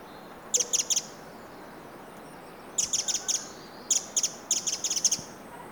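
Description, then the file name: Eurasian wren call, short bursts of hard, high ticking notes in groups of two to five, separated by brief pauses, against soft background noise. "Troglodytes troglodytes"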